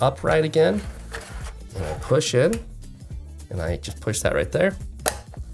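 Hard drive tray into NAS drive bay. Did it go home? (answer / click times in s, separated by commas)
yes / 5.1 s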